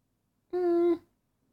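A single brief growl, about half a second long, with a steady hum-like pitch and a faint bubbly tail, in an otherwise quiet room. This is an adult's stomach rumbling (borborygmi), loud enough to be heard through headphones, the ordinary sound of gas and fluid moving through the gut during digestion, here following a bout of digestive upset about 20 minutes earlier.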